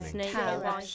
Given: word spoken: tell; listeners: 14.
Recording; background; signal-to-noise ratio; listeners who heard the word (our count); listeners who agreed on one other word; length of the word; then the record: one English word in noise, from a listening test; four-talker babble; -2.9 dB; 0 of 14; 9 of 14; 0.55 s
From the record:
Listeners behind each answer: 9, 2, 1, 1, 1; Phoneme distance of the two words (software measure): 37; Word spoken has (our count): 1 syllable, 3 phonemes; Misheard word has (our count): 1 syllable, 4 phonemes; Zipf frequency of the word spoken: 5.82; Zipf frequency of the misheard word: 4.36